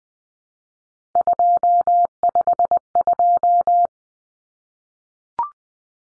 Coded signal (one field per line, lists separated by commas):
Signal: Morse code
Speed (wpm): 20 wpm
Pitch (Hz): 700 Hz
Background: none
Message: 252